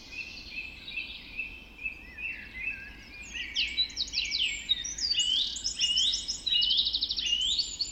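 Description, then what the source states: Birds: dawn chorus with several birds singing at once, high trills building to loud rapid stuttering series and upward-sweeping whistles near the end. Dawn chorus recorded just after dawn in the Forest of Dean.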